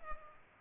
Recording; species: mosquito wingbeat signal from an infrared sensor; Culex pipiens